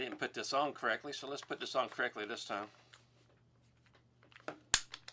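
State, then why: Seated. Someone talks, then after a brief quiet a woodworking clamp is refitted onto a wooden workpiece following an incorrect first attempt. A few faint handling ticks lead up to a loud, sharp snap at 4.7 s as the clamp seats into place, followed by a couple of softer clicks.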